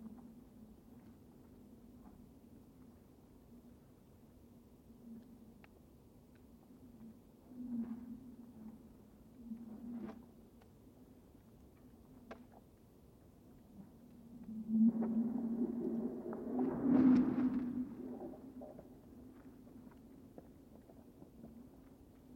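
Frozen lake ice hums with a steady low drone, faint scattered clicks and cracks, then a louder groaning, sloshing swell around fifteen to eighteen seconds.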